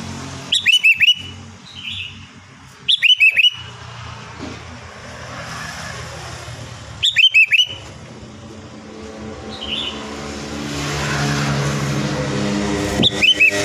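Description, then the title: Sooty-headed bulbul repeating short, bright, bubbling phrases four times over a steady low background hum. "Kutilang"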